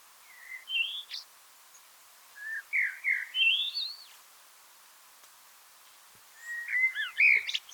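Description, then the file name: Common blackbird singing several mellow warbled phrases with rising squeaky endings, in a quiet background. "Turdus merula"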